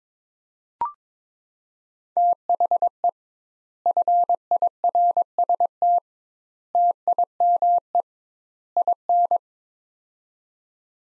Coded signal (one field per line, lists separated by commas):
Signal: Morse code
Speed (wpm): 22 wpm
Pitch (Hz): 700 Hz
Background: none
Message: THE FIRST TIME IN